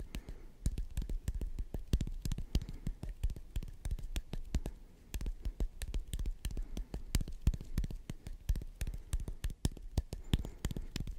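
Intense hand sounds: a dense, constant stream of sharp taps, slaps and crackling rubs with no real pauses for the full eleven seconds. The hits come quickly and irregularly over a deep, thumping low rumble that runs underneath the whole time.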